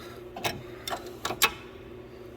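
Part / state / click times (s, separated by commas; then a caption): steel nut threads on a bolt held in a vise / stripped / 1.2 s, 1.4 s. A 17 mm Snap-on open-end wrench tightens a steel nut on a bolt clamped in a vise until it gives. Four sharp ticking, slipping hits sound at about 0.4, 0.9, 1.3 and 1.4 seconds over a low steady hum, the last two marking the give. The nut's threads strip out on the bolt.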